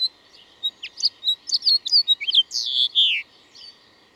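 Bird song: a quick run of short chirps building to two longer, louder slurred whistled notes.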